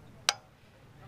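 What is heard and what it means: A click-type torque wrench mechanism, reset and lightly touched under a calibration weight, gives one sharp click at its set point at 0.3 s, confirming the calibration matches exactly. The click is brief and bright against a quiet background.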